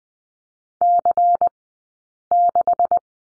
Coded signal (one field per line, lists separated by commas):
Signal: Morse code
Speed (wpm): 20 wpm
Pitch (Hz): 700 Hz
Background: none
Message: C6